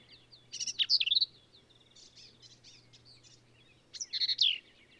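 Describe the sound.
Black-capped vireo song: two short bursts of harsh, chattering, varied high notes with quick whistled slurs, with softer notes between them.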